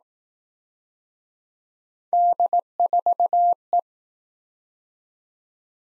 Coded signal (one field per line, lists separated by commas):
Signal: Morse code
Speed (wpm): 20 wpm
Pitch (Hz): 700 Hz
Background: none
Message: D4E